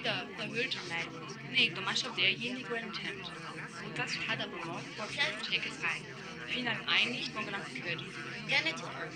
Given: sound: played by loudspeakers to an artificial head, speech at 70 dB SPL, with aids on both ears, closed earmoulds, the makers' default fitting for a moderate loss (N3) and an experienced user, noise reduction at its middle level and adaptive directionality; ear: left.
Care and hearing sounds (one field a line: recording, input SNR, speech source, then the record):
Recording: speech test signal (ISTS) in cocktail-party noise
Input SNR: -6 dB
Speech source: in front (0 degrees)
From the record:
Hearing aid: class 2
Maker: F